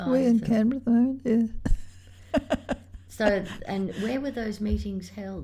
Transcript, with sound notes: …in Canberra though, yeah [laughs]
So — and where were those meetings held?